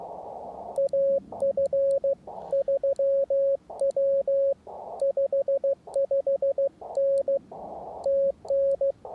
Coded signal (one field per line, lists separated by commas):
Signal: Morse code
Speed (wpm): 15 wpm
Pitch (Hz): 550 Hz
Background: radio noise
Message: AF 3W 55N TN